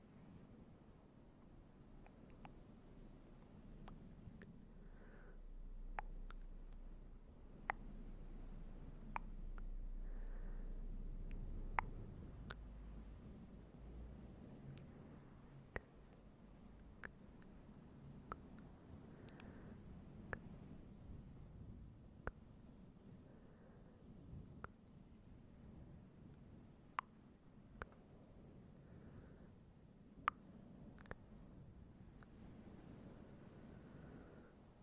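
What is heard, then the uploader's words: Soft, gentle whispered mouth sounds, with quick sksk, tktk and t t t clicks scattered every second or two. A muffled, fluffy low rumble sits underneath throughout, heavier in the first twelve seconds. The sounds are unhurried. ASMR most soft, slow and gentle fluffy sounds + sksk, tktk, t t t, ch ch and more.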